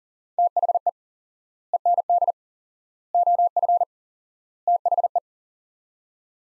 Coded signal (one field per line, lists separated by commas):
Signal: Morse code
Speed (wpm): 37 wpm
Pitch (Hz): 700 Hz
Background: none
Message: THE END OF THE